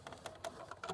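A new cartridge-type oil filter element for a 2017-and-up Chrysler Pacifica is handled and pushed down toward its plastic filter housing cap. Only faint, short hits are heard, at about 0.3, 0.5, 0.7 and 0.8 seconds. Nothing has seated or clicked yet.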